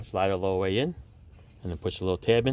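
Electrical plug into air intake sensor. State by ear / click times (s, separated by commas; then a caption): not seated / none. A small electrical plug is being slid all the way onto the sensor on the air intake of a 2015 Ford Taurus, with its plastic locking tab still to be pushed in. Someone talks throughout, with a quieter pause in the middle. Nothing has clicked or seated yet.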